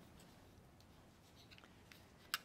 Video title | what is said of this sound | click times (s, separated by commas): Lone Wolf Knife 40022 Landslide Folding Knife Review | It has the lock back mechanism, so when you open it up, you hear it click. | 2.3 s